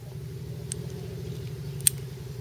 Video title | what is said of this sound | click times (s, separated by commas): OSG_02C Impact Driver | just click right in there | 1.9 s